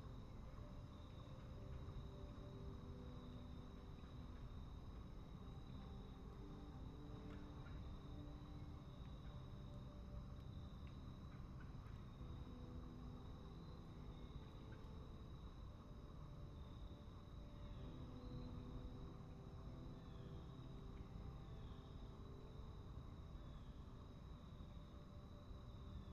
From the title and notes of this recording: Relax Outside with Piano. Peaceful piano music, accompanied by the gentle melodies of nature.